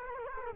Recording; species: mosquito wingbeat signal from an infrared sensor; Culex quinquefasciatus